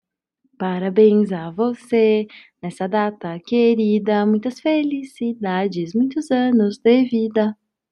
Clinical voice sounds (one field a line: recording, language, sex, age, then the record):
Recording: short text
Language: Brazilian Portuguese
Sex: female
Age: 18 to 19 years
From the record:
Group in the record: control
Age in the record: 19 years